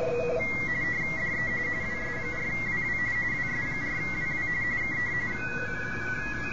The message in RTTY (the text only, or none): DE WS4WW WS4WW K